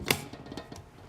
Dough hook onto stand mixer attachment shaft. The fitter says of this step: make sure it clicks into place